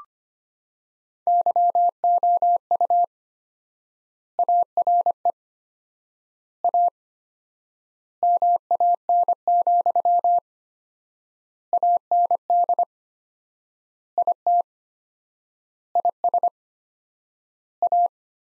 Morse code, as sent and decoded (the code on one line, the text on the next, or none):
-.-- --- ..- / .- .-. . / .- / -- .- -. --..-- / .- -. -.. / .. - / .. ... / .-
YOU ARE A MAN, AND IT IS A